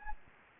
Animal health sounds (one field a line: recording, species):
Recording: mosquito wingbeat signal from an infrared sensor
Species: Anopheles gambiae